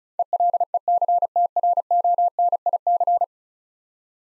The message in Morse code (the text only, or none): ELECTRONIC